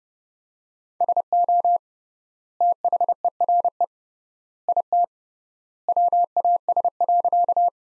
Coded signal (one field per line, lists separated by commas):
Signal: Morse code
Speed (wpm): 32 wpm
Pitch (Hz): 700 Hz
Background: none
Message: SO THERE IT WAS.